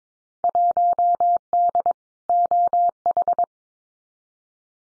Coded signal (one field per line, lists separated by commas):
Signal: Morse code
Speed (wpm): 22 wpm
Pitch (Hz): 700 Hz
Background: none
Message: 1D OH